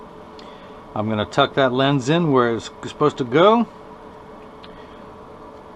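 A prescription Transitions 7 Gray lens is tucked into the top groove of a semi-rimless Ray-Ban 6182 eyeglass frame, before the nylon string is pulled around it to snap it in. Light handling ticks come at about 0.4 s and 4.6 s, and someone talks from about 1.0 to 3.6 s. Nothing has seated or snapped in yet.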